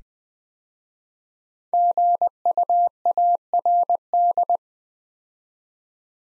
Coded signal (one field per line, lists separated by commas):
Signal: Morse code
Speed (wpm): 20 wpm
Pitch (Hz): 700 Hz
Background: none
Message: GUARD